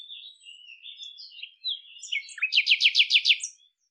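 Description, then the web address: Bird twittering in a continuous warble of slurred notes that builds into a fast series of about seven loud, repeated descending notes. "cianscape birddata Deverinetal 2025"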